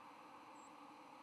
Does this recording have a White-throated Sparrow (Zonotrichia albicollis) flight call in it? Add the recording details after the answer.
no. Another species' flight call is heard. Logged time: 08:20 on 4 November 2014